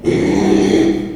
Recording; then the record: squeal of a Yucatan mini pig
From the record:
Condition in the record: after surgery on the right vocal fold (resection and tissue-engineered implant); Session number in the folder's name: 2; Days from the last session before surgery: 13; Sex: male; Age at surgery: 12 weeks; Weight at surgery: 13 kg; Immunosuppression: cyclosporine, prednisolone